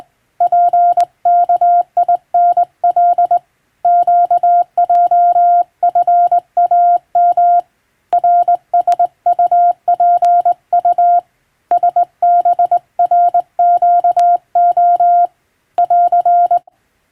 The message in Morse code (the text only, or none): PKINL QJFAM RSUPU SBRQO <AR>